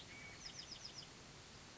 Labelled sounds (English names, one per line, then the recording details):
Bewick's Wren
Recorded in Sonoma County, California